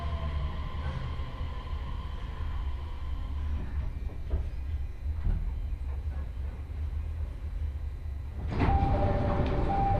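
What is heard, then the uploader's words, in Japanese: A train rides along the Joban Line with a steady low rumble and drone filling the whole stretch. Faint clicks and knocks come through around the middle, and near the end, after about eight and a half seconds, a louder burst rises with a bright, high squealing tone. 鉄道旅 常磐線 南中郷→勝田。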